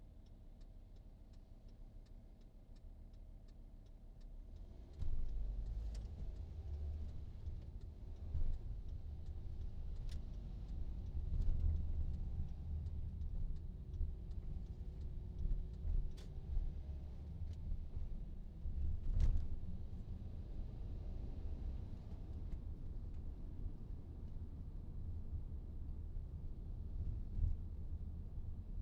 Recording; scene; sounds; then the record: everyday scene through a hearing-aid microphone; in a vehicle; engine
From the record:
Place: VW T5 Caravelle, diesel engine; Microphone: in the ear canal, right